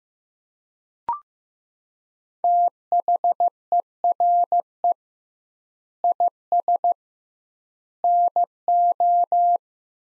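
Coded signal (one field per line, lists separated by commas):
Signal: Morse code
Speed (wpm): 16 wpm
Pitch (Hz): 700 Hz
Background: none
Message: THERE IS NO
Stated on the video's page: Sentence copy practice at 15 wpm with 2x standard word spacing, a word-level analogue of Farnsworth spacing.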